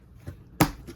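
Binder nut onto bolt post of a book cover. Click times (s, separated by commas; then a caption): 0.6 s. A lower nut is fitted through the hole onto the binder bolt post to attach the binder mechanism to a book cover. A faint tap near 0.3 s is followed by one sharp, bright snap at 0.6 s as the nut seats into place, then a softer trailing knock. The binder is now attached.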